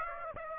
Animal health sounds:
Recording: mosquito wingbeat signal from an infrared sensor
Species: Aedes aegypti

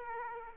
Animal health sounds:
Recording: mosquito wingbeat signal from an infrared sensor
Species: Aedes aegypti

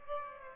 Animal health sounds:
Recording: mosquito wingbeat signal from an infrared sensor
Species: Aedes aegypti

